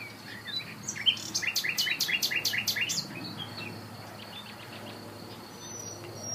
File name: Luscinia megarhynchos